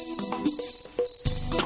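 Crickets chirping in quick bursts of three or four high pulses, repeated several times a second.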